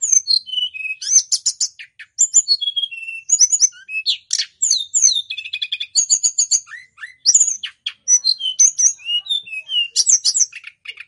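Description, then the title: Snowy-browed flycatcher song, a dense run of high whistled notes, sharp chirps and brief buzzy trills with almost no pauses. Master recording used for training cage birds. "Masteran Tledekan Gunung Sikatan Gunung"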